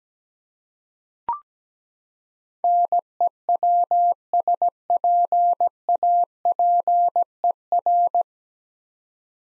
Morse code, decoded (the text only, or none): NEWSPAPER